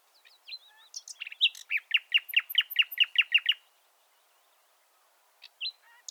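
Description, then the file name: Common nightingale song: a quick series of about nine pulsing, buzzy notes after some varied introductory notes, then silence and a couple of short notes. "Luscinia megarhynchos"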